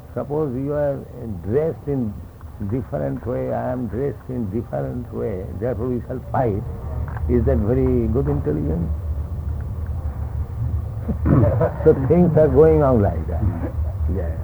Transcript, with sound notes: suppose you are dressed in different way, I am dressed in different way, therefore we shall fight, is that very good intelligence? [laughter] So things are going on like that. Yes.